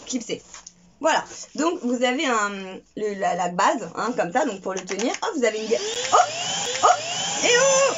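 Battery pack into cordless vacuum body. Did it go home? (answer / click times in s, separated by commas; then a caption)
yes / 0.5 s, 0.7 s. The removable battery pack of an Ultenic U10 cordless stick vacuum, which had not been clipped in, is pushed into the vacuum body's housing. It gives a short knock at 0.5 s and a sharp click at 0.7 s as it clips into place. Someone talks throughout.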